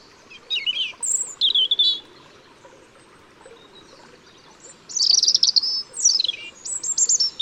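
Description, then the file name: European robin song: bursts of high thin whistles, twittering trills and sliding high notes, with a quiet gap of a few seconds in the middle. "Erithacus rubecula"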